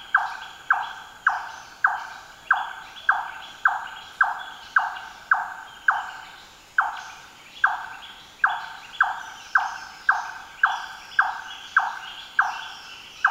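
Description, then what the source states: Large-tailed nightjar giving a long series of hollow, knocking chonk notes, nearly two a second, steady and monotonous. Recorded in Papua New Guinea.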